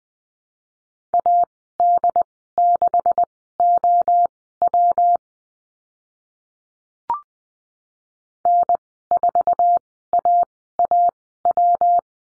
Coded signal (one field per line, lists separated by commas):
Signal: Morse code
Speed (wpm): 19 wpm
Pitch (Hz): 700 Hz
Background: none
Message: AD6OW N4AAW